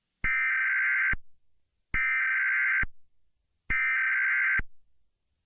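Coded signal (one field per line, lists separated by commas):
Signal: Emergency Alert System (SAME) tones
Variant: header bursts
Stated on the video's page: Simulated EAS scenario.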